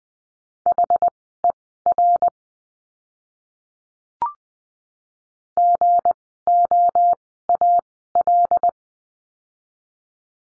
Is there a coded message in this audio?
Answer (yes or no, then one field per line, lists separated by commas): yes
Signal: Morse code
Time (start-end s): 0.7-8.7 s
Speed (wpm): 20 wpm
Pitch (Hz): 700 Hz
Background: none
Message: HER GOAL